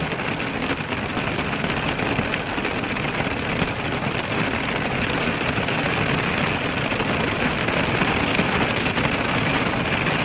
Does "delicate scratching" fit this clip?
no